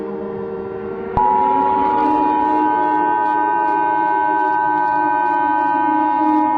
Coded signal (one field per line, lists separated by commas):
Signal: Emergency Alert System (SAME) tones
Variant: 853 and 960 Hz attention tone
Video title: (TEASER) EAS - Radioblizzard